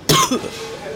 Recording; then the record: coughing mixed with background sound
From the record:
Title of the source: Wet coughing